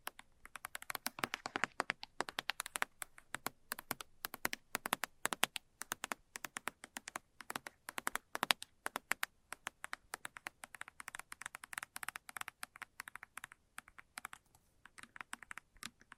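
Fast, light tapping runs through the whole sixteen seconds as dense strings of sharp, crisp clicks, several per second. The taps come in uneven bursts with brief gaps, slightly sparser near the fourteen-second mark, with a faint hiss between hits.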